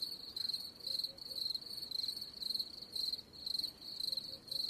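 Cricket sounding high, trilled chirps in a steady run, each a short pulsed burst, over faint background noise.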